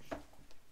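A magnetic spout on a diamond-painting tray is closed, with magnets inside the spout holding it shut. A short, sharp snap at 0.1 s marks it seating closed, followed by a fainter, higher tick at 0.5 s.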